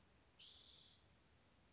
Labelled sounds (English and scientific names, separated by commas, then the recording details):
Spotted Towhee (Pipilo maculatus)
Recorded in Sonoma County, California